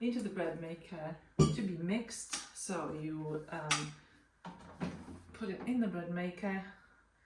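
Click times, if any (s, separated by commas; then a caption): none. A metal bread pan holding flatbread ingredients is handled as it is put into a Panasonic bread maker (SD-YR2540, SD-YR2550 or SD-R2530), to be pushed down until it clicks into place so it cannot lift. Someone talks over brief handling sounds, with one sharp sound at about 4.5 s. Nothing has seated or clicked yet.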